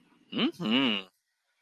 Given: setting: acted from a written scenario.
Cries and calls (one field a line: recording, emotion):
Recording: vocal sound without words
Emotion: romantic love